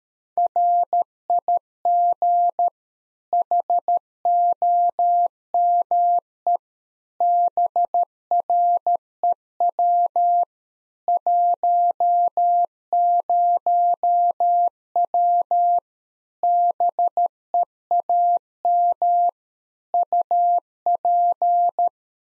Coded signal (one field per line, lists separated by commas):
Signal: Morse code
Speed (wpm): 13 wpm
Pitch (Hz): 700 Hz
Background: none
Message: RIG HOME BREW 10W BEAM UP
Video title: Practice QSO - Exchange 2- Info - 13wpm